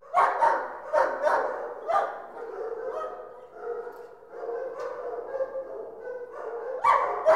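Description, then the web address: Many dogs bark at once, sharp repeated barks rising above a continuous din of overlapping yelps and whines, with a loud burst near the end. Many dogs barking in an indoor kennel. "dog kennel kennel indoor many barking animal"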